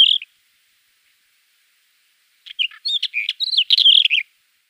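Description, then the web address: Black wheatear singing a brief note, then after a pause a rapid, jumbled phrase of scratchy chirps and twittering notes lasting under two seconds. "Schulze Peter Black Wheatear song"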